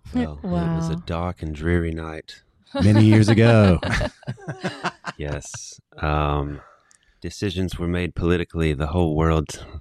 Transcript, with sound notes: Well, it was a dark and dreary night. Many years ago. (laughing) Yes. Decisions were made politically, the whole world